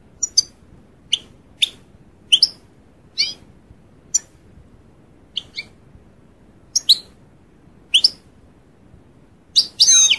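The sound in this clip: European goldfinch calling with brief, high, sharp chirps at irregular intervals, ending in a short burst of quicker twittering.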